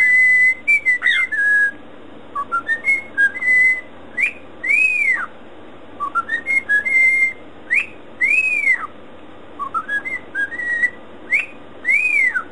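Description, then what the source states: Cockatiel whistling a repeated tune: a run of short rising notes ending in a loud arched whistle, sung about four times. Cockatiel whistling (siulan).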